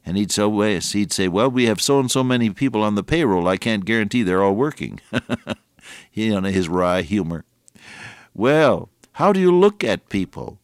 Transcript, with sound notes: And he’d say, “Well, we have so and so many people on the payroll, I can’t guarantee they’re all working.” [chuckle] He and his wry humor. Well, how do you look at people?